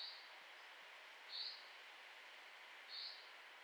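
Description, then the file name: Common chaffinch giving short high call notes, three spaced roughly one and a half seconds apart, with a continuous hiss underneath. "Fringilla coelebs"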